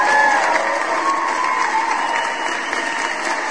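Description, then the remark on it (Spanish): A crowd claps steadily for several seconds, a dense crackling wash of hands with a few high whistles and cheers rising over it near the start, holding at an even loudness throughout. “¿Qué pasó con los aplausos?”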